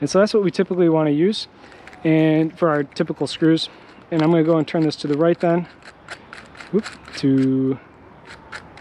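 Someone talks while handling a drill bit in a keyless drill chuck, beginning to turn the chuck sleeve to the right (clockwise) to close it on the bit. Only speech and faint handling noise are heard. The chuck has not clicked or tightened fully on the bit yet.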